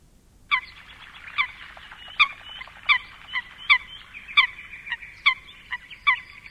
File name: De Meerkoet